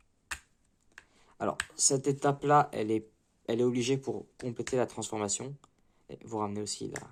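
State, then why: Seated. During the transformation of a plastic Transformers Studio Series 98 Rise of the Beasts Maximal Cheetor action figure, a turned part clips into its slot on the figure body with a sharp snap at 0.3 s. A faint tick follows near 1.0 s, then someone talks while handling the figure; this clipping step is needed to complete the transformation.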